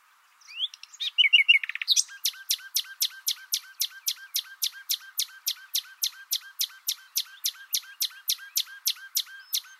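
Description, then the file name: Common nightingale song: a few brief whistled and buzzy notes, then a long run of sharp, hooked notes repeated rapidly, about three or four each second. "Luscinia megarhynchos"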